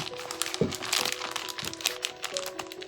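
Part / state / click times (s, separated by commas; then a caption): ostomy pouch coupling onto the barrier flange / not seated / none. A flat SenSura Mio 2-piece Click ostomy pouch's coupling is pressed onto the skin barrier's plastic flange coupling, with crinkling film and several short, sharp crackles over a faint steady tonal hum. Nothing has seated or clicked yet; the pouch is still being handled and is not yet home.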